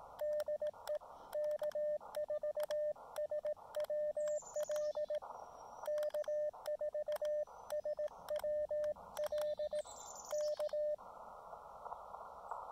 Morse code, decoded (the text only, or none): DE K4SWL K4SWL K